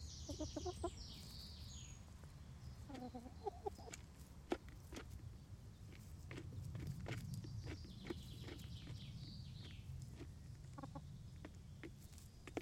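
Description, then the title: Chickens clucking quietly in brief clusters amid sharp pecking clicks, faint high chirping and a low background hum. Several chickens making small noises while eating in a henhouse, Laren Gld., July 18th 2015. "Henhouse. Kippenhok (Laren Gld"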